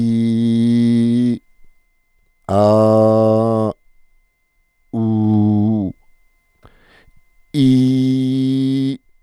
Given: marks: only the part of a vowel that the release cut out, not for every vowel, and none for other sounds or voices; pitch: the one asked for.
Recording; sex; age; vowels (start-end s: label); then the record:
sustained vowels; female; 40 to 49 years
0.00-1.26 s: vowel /i/, normal pitch
2.58-3.62 s: vowel /a/, normal pitch
5.01-5.81 s: vowel /u/, normal pitch
7.76-8.86 s: vowel /i/, high pitch
From the record:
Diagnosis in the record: recurrent laryngeal nerve paralysis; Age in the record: 48 years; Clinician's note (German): Strumipriv